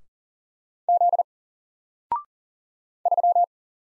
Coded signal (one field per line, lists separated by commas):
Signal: Morse code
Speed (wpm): 39 wpm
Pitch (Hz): 700 Hz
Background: none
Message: Z 3